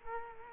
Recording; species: mosquito wingbeat signal from an infrared sensor; Culex quinquefasciatus